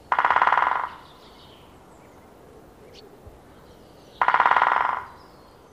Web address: Bird Song Site Woodpecker-greater-spotted